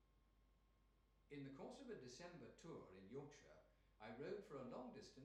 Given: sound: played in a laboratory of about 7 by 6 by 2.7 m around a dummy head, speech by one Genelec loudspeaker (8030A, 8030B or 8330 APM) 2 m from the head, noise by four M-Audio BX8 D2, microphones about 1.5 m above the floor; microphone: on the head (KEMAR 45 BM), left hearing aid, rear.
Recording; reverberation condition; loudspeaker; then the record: male speech in English; medium; in front (0 degrees)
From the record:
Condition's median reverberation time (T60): about 510 ms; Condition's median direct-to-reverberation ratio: about -0.5 dB